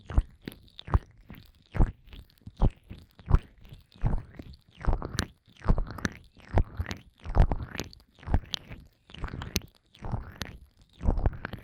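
Fast ear massage with cream: wet, squishy rubbing strokes arrive in quick, fairly regular bursts, about one or two each second, with sharp sticky clicks at the start of many. Short silences separate the strokes, and no other sounds intrude.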